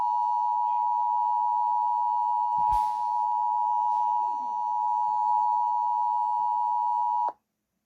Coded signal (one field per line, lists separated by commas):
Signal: Emergency Alert System (SAME) tones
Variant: 853 and 960 Hz attention tone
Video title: EAS#9 Severe Thunderstorm Warning